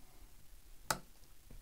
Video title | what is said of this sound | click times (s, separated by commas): The Henry H001 - A MUST HAVE 22lr Lever Action Rifle! | clicks into place | 0.9 s